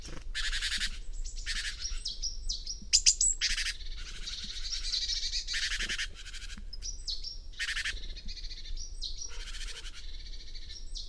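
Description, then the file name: Great tit repeating harsh rasping churrs in short dense bursts, with brief sharp notes mixed in. "Parus major"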